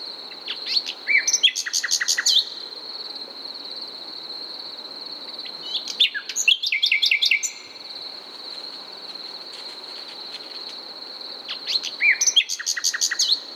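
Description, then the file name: Common nightingale: three loud bursts of rapid repeated pulses and whistles spaced several seconds apart, over an unbroken high-pitched buzzing background. "Luscinia megarhynchos"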